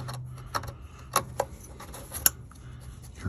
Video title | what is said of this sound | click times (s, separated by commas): Ford 6.7 Powerstroke Diesel Fuel Filter Change on 2021 | heard it click the lock. | 2.3 s